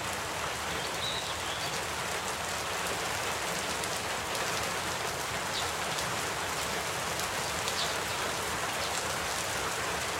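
Rain falls in a steady, dense hiss throughout, with countless fine drops pattering on a surface and no clear pauses or changes.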